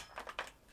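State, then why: Seated. An airsoft magazine from another brand is pushed into the magazine well of an EMG Salient Arms International M4 SBR GRY GEN2 replica rifle as a compatibility test. Two brief knocks at 0.2 and 0.3 seconds lead to a clear, louder click at 0.4 seconds. The magazine seats and locks in.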